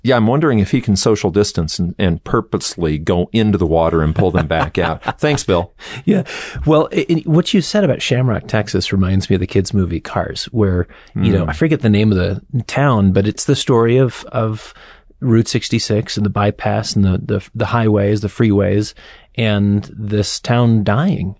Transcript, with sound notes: Yeah, I’m wondering if he can social distance and purposely go into the water and pull them back out. (laughs) Thanks, Bill.
Yeah, well, what you said about Shamrock, Texas reminds me of the kids movie Cars where you know, I forget the name of the town, but it’s the story of Route 66 and the bypass and the highways, the freeways and this town dying.